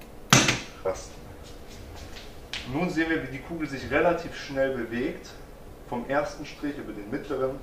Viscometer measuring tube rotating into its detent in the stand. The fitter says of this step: Das hören wir an dem Rasten.